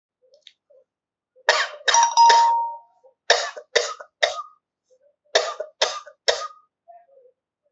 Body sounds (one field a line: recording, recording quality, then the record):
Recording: shallow voluntary cough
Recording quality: excellent, no background noise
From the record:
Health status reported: healthy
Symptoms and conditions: none ticked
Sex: male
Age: 30 years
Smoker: not ticked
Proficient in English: yes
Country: India